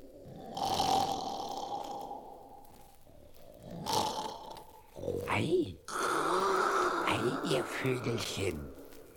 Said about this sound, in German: Liegen unter einem Baum und schnarchen, dass alle Äste wackeln.